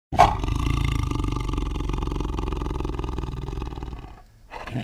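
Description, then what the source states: Tiger growling, a deep rumbling pulsed growl held for about four seconds, fading, then a short pause before another harsh sound begins. Tiger growling with chuffs.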